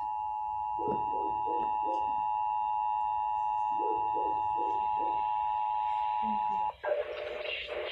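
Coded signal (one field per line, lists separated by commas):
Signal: Emergency Alert System (SAME) tones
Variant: 853 and 960 Hz attention tone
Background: speech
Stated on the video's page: Required monthly test with valid tones, issued by Walla Walla County Emergency Management.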